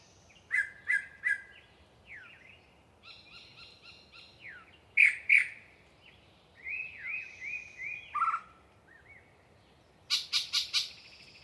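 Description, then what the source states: Yellow-breasted chat delivering a jumbled mix of clucks, buzzes, downslurred whistles and harsh chatters, phrases following closely one after another. Long pre-dawn soliloquy from a particularly chatty bird in deciduous cover near the microphones.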